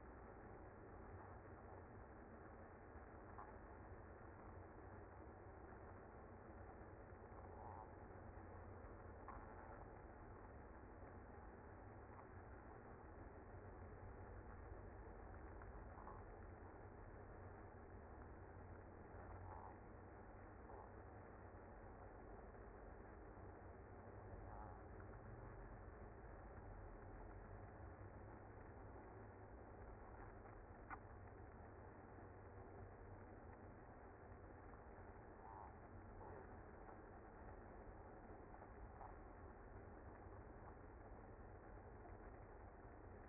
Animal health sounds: honeybee colony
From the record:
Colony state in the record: active

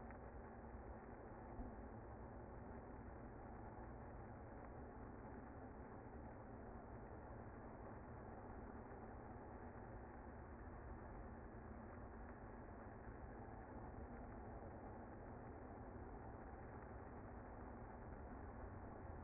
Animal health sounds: honeybee colony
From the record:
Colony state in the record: active

